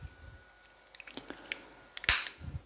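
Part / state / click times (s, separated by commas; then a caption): key fob case half onto the key fob body / seated / 2.1 s. After a CR2032 coin battery is replaced, the plastic halves of a key fob case are pressed back together, with the case half going onto the key fob body. A few small clicks and taps lead up to a sharp, loud snap at 2.1 seconds as the case seats, and the battery is then replaced.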